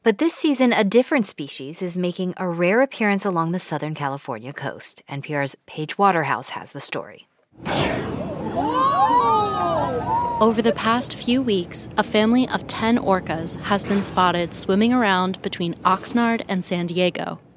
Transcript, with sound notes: But this season, a different species is making a rare appearance along the Southern California coast. NPR's Paige Waterhouse has the story.
(SOUNDBITE OF ORCA BREACHING WATER) Over the past few weeks, a family of 10 orcas has been spotted swimming around between Oxnard and San Diego.